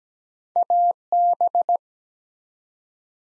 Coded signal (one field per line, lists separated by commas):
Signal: Morse code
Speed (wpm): 17 wpm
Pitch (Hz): 700 Hz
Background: none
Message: AB